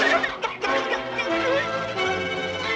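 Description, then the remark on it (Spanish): Several hens being fed their breakfast cluck and squawk over one another in a dense, continuous chatter, with harsh, mid-pitched bursts and no pauses, loud throughout. “Está bien, gallina tonta. Suéltalo.”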